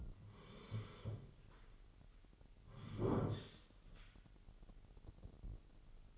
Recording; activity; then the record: daily activity, microphone in the room; sit down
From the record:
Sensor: 4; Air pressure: 999.2 hPa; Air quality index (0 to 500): 113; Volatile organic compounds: 2 ppm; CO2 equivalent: 1116 ppm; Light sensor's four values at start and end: 12/29/12/13 and 12/29/12/13